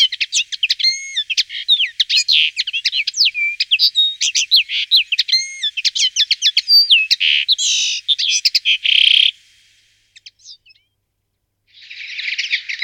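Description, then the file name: Common linnet song, a fast twittering run of varied chirps and trills for about nine seconds, then a pause and a brief buzzy rasp near the end. "Konopka obecna Carduelis cannabina"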